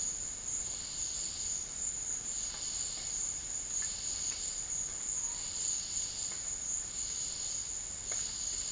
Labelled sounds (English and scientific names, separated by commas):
none